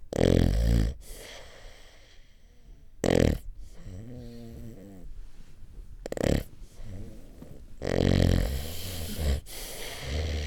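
Loud, irregular snores separated by quieter, labored breathing gaps: snoring in sleep apnea.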